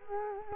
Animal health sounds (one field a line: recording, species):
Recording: mosquito wingbeat signal from an infrared sensor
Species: Culex quinquefasciatus